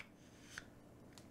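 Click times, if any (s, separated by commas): none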